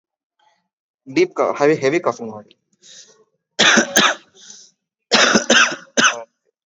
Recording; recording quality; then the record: heavy voluntary cough; excellent, no background noise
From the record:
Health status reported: COVID-19 positive, mild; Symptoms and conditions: cough, cold, breathing difficulty, fever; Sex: male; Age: 27 years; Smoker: not ticked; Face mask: not worn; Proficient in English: yes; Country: India